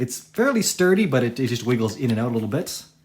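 Someone talks while handling the adjustable length-of-pull telescoping stock on a stamped-steel FAMAE SAF 200 submachine gun, where the stock slides into the receiver. The stock still has a little wiggle. Nothing has seated or clicked yet.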